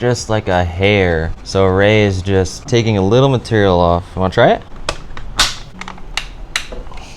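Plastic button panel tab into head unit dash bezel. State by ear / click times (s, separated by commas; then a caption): seated / 6.6 s. In a 2002-2008 Toyota Matrix/Pontiac Vibe, the black plastic tab beside the dash buttons wouldn't snap in by just a hair, so a little material was trimmed off it. Someone talks for the first few seconds, then sharp plastic clicks and knocks follow as the switch panel is pressed into the new Apple CarPlay head unit bezel. It snaps into place at 6.6 s.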